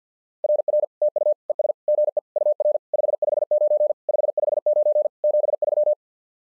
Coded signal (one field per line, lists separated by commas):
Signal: Morse code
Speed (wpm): 50 wpm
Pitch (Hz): 600 Hz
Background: none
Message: RR TU ES GE UR 559 559 73